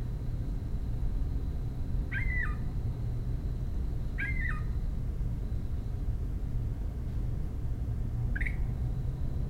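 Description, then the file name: Northern mockingbird giving three short, clipped notes about two to four seconds apart, with a faint high steady tone and low rumble behind. Recorded at a home in Maryland on 26 May 2012; the mockingbird is protesting a commotion. "Northern Mockingbird Home MD 20120526 protesting commotion"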